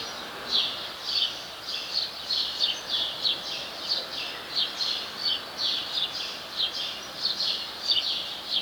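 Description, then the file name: House sparrow uttering a busy series of chirps, closely spaced and uneven, over steady background hiss. "Passer domesticus"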